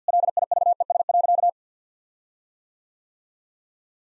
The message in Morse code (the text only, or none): LIVES.